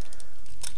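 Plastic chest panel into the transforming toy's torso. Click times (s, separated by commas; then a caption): 0.7 s. A small plastic chest piece is folded into the torso of a transforming plastic toy figure and pushed in by hand. It clicks into place at 0.7 s, with a few lighter taps and rattles of plastic before it. Someone talks.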